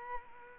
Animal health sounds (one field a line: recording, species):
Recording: mosquito wingbeat signal from an infrared sensor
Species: Culex quinquefasciatus